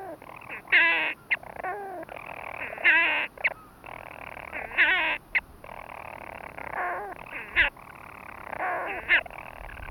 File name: Storm Petrel (Hydrobates pelagicus)